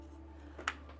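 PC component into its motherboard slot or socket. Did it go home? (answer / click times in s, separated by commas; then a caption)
yes / 0.7 s. A PC component is pressed into its motherboard slot or socket inside a gaming PC being built in a CPS C3 T700 case with a 9800X3D and RTX 5080, to make sure it is fully seated. Over a steady low hum, a faint bump at about 0.6 s is followed by one sharp click at 0.7 s. The component is confirmed seated.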